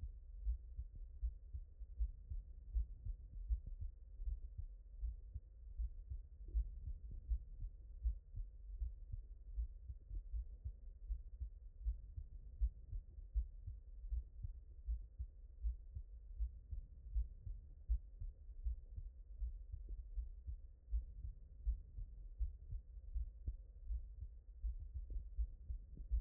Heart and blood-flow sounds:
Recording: heart sounds by stethoscope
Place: mitral valve (MV)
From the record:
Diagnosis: non-HFrEF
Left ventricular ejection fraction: 71%

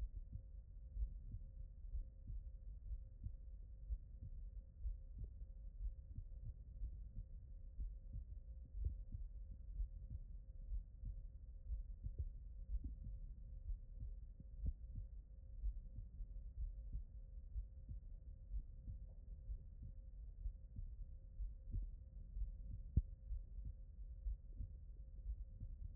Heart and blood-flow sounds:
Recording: heart sounds by stethoscope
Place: aortic valve (AV)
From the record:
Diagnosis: non-HFrEF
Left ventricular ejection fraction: 51%

